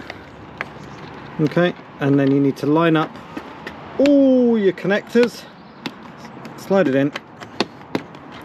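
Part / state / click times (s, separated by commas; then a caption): headlight unit into the plastic body of a kids' ride-on car / seated / 7.6 s, 7.9 s. An upgraded LED headlight unit is lined up by its plastic clips and pushed with a little force into the plastic body of a kids' electric ride-on car while someone talks. Sharp clicks at 7.6 s and 8.0 s mark the unit seating into place.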